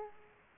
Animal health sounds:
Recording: mosquito wingbeat signal from an infrared sensor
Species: Aedes aegypti

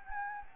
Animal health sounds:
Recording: mosquito wingbeat signal from an infrared sensor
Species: Anopheles gambiae

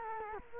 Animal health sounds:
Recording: mosquito wingbeat signal from an infrared sensor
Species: Culex quinquefasciatus

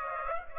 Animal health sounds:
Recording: mosquito wingbeat signal from an infrared sensor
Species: Aedes aegypti

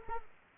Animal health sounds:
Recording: mosquito wingbeat signal from an infrared sensor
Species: Culex quinquefasciatus

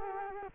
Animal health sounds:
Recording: mosquito wingbeat signal from an infrared sensor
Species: Culex quinquefasciatus

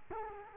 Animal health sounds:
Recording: mosquito wingbeat signal from an infrared sensor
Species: Culex quinquefasciatus

